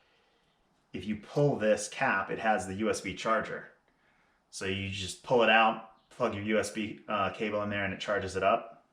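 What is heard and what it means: Someone talks while handling the pull-off cap over the USB charging port of a small pocket flashlight, with speech filling most of the clip and brief pauses between phrases. The cap has not yet been pressed back into place, and nothing has seated or clicked yet.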